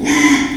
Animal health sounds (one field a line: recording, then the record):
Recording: squeal of a Yucatan mini pig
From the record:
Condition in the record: after surgery on the right vocal fold (resection and tissue-engineered implant)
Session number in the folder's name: 3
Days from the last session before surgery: 33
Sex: male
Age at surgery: 12 weeks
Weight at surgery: 13 kg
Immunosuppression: cyclosporine, prednisolone